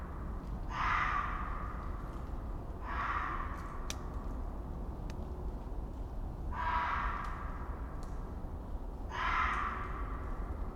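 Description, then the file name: Red fox screams: four hoarse, rasping wails, each under a second long and spaced unevenly, about two to four seconds apart, over a constant low rumble. Screaming at night in a forest in winter. "Fox Screaming In Winter Forest In The Night"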